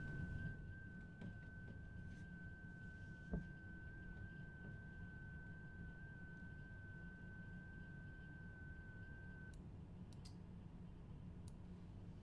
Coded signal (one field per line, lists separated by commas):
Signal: FT8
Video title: Amateur Radio --- Spreading Knowledge KF8I Live Stream